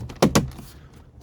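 A plastic driver's window switch assembly on a Porsche Cayenne is angled inward, slid forward and pushed down into the door armrest trim. Two sharp snaps are heard at 0.2 s and 0.4 s, and the switch panel seats in the trim.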